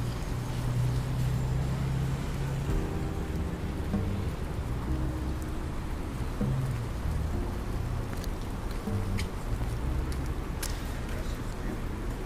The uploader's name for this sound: Raining Day In New York